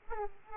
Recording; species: mosquito wingbeat signal from an infrared sensor; Aedes aegypti